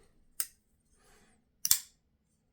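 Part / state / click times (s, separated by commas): knife blade into handle detent / seated / 0.4 s, 1.6 s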